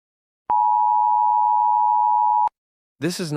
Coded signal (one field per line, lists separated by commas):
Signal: Emergency Alert System (SAME) tones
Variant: 853 and 960 Hz attention tone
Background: speech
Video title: EAS Scenario #3: Time Loop